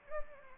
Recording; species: mosquito wingbeat signal from an infrared sensor; Anopheles gambiae